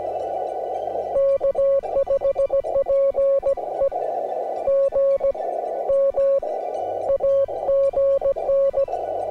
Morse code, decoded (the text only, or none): K5PE GM AGN